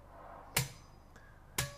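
A torque wrench on a caravan wheel nut is turned clockwise until it gives a sharp click at 0.6 s, showing the set torque has been reached and the torque setting is correct. A faint tick follows at 1.2 s, then a second equally sharp click at 1.6 s.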